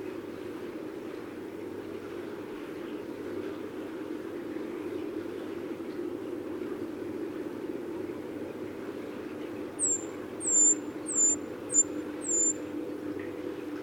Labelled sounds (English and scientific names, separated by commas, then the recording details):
Eurasian Treecreeper (Certhia familiaris) call
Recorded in the wild
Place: Blumenholz, Insel Rügen, Mecklenburg-Vorpommern, DE
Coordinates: 53.455, 13.186
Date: 1980-03-08 08:23
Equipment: Nagra III BH, Sennheiser MD 21, parabola
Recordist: Schubert, Michael